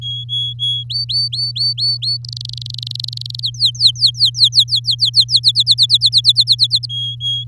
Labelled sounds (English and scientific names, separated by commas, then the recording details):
Domestic Canary (Serinus canaria) song
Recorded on 6 May 2018 at 17:09
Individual llb16